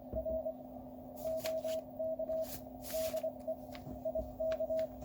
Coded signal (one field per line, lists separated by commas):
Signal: Morse code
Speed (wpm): 24 wpm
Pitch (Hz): 640 Hz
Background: none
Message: R OK DE IK